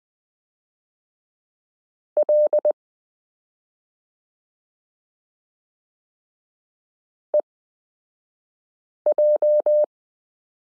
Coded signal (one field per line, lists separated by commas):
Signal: Morse code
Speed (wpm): 20 wpm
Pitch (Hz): 600 Hz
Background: none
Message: L EJ